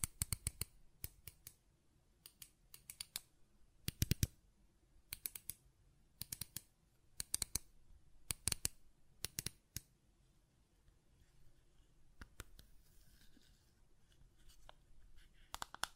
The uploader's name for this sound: Button Clicking and Tapping Sounds